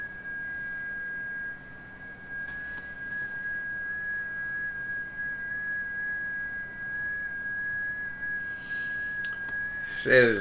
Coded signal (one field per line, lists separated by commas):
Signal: FT8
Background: speech